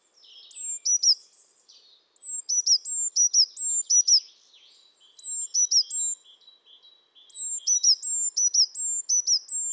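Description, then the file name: Eurasian blue tit repeating bright high two-part notes in several fast runs separated by short pauses, with thin softer notes between. "Cyanistes caeruleus"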